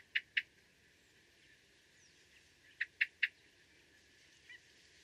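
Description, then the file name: Eurasian blackbird calls: two sharp chinks, a pause, then three more in quick succession, over a quiet background. "Turdus merula"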